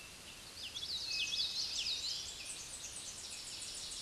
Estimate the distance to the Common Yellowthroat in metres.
about 25 m